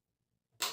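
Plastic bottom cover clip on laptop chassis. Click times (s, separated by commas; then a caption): 0.6 s. The plastic bottom cover of an Asus ROG Strix G G531GD gaming laptop is pried up during disassembly for a RAM upgrade, and after faint low rumbling a retaining clip on the chassis snaps free with a sharp, bright click at 0.6 s. The clip is released and the cover comes loose.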